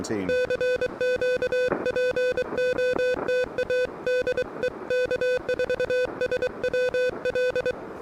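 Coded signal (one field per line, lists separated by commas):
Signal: Morse code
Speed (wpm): 23 wpm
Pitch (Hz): 500 Hz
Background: speech, music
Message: CQ POTA DE K4SWL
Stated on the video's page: Pedestrian mobile QRP activation at a state recreation area using an Elecraft KH1, early morning.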